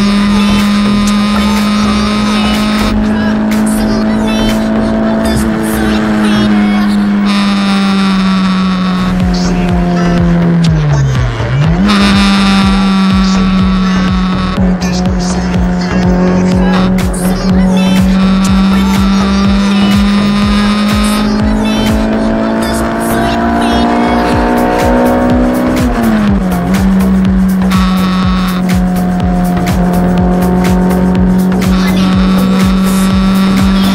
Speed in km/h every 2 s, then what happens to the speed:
168, 174, 181, 179, 140, 133, 121, 115, 112, 125, 135, 147, 158, 158, 147, 147, 155.
0-6 speeds up to 179. 6-15 brakes to 112. 15-24 speeds up to 158. 24-30 slows to 147. 30-34 speeds up to 155.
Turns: none.